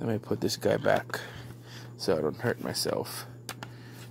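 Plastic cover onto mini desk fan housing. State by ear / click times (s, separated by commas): seated / 3.5 s, 3.6 s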